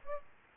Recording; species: mosquito wingbeat signal from an infrared sensor; Aedes aegypti